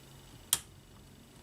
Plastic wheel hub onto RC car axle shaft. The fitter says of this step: it just clicks right into place and then it's just a case so popping your wheel on